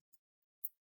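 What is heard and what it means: A guitar pick is wedged between the keyboard and the plastic palm rest of an HP ProBook 440 G3 laptop and twisted, so the keyboard's retaining clips pop free. Two sharp, high-pitched clicks are heard, at 0.1 s and a louder one at 0.7 s, and the clips are released.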